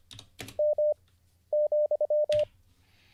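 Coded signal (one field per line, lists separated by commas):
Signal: Morse code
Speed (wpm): 25 wpm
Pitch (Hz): 600 Hz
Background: none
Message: M,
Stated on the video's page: Livestreamed Morse code (CW) learning lesson.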